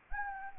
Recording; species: mosquito wingbeat signal from an infrared sensor; Anopheles gambiae